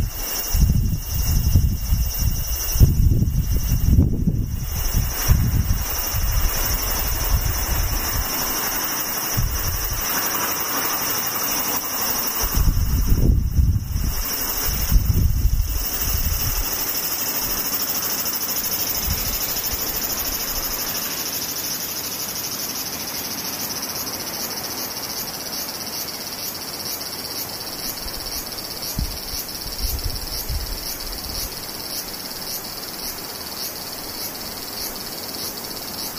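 Cicadas drone steadily throughout, a dense, bright high buzz, joined after about 25 seconds by a faster pulsing trill. Low wind gusts rumble in during the first 16 seconds, strongest around 3–5 and 13–15 seconds, then die away, leaving the insects alone.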